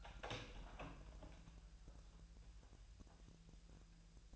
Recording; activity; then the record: daily activity, microphone in the room; open door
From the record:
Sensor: 2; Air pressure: 1001.2 hPa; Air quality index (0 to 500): 248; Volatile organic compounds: 87 ppm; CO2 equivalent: 3664 ppm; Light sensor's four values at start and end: 10/23/10/10 and 10/24/10/10